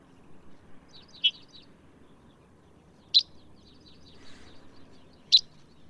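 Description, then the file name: Red-headed bunting with three sharp, high clicking notes about two seconds apart, faint high twittering, and low background noise. "Red headed Bunting Emberiza bruniceps"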